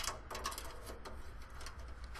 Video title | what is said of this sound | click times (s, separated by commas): How To Install A Computer Motherboard (ATX) (2022) | like so just puts some pressure on it clicks right in it's in | 0.5 s